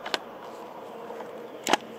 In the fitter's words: ça se clipse